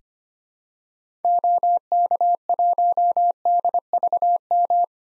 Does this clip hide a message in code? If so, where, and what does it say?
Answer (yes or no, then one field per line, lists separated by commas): yes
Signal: Morse code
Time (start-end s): 1.2-4.8 s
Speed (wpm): 25 wpm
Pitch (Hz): 700 Hz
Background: none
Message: OK1DVM